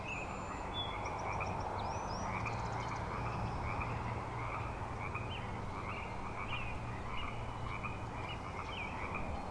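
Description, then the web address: Frogs calling together in a thick trilling chorus; a few thin whistled bird notes come in near the start. Frog chorus on Grafton Lake, 3 May 2009. "The Frog Chorus Tunes Up On Grafton Lake"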